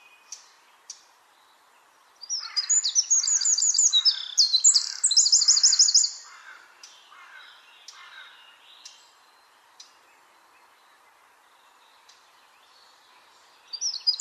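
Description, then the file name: Eurasian wren song: a burst of about four seconds of shrill, fast trills and ringing notes, then quiet with a few faint soft notes, and a new phrase starting at the end. "Troglodytes troglodytes"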